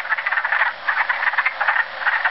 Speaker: those spring songs are actually the voices of male wood frogs seeking mates.